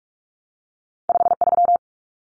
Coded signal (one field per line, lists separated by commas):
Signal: Morse code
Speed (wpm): 44 wpm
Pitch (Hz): 700 Hz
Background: none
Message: 53